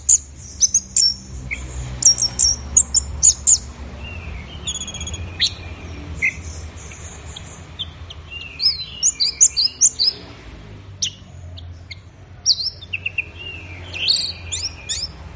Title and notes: Anis Merah Gacor Teler Untuk. Kumpulan Suara Burung Anis